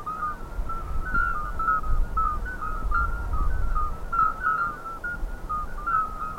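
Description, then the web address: Common midwife toad chorus, a continuous scatter of short, fluty, bell-like peeps from several animals at slightly different pitches, over a low rumbling background. "jurapark. Geburtshelferkröte Chor"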